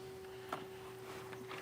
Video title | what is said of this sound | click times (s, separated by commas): etrailer - Curt T-Connector Vehicle Wiring Harness Complete Installation - 2025 Kia Telluride | You will hear an audible click. | 0.5 s